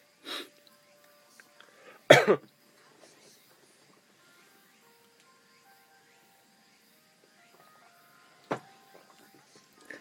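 A few short, harsh coughs from an adult man in a quiet room, the loudest a quick double cough. He has had a slight cough since the day before that comes on suddenly.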